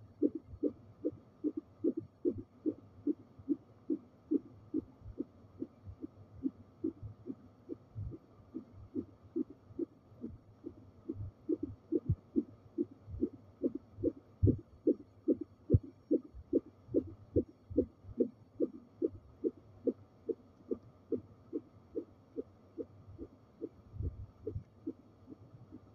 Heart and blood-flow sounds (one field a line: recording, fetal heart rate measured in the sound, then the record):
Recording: fetal heartbeat by stethoscope microphone, probably a fetal Doppler's sound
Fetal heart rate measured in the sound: 144 bpm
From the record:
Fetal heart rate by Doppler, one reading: 145 bpm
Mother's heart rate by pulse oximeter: 118 bpm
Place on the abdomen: lower left side of abdomen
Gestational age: 38+ weeks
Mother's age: 18 years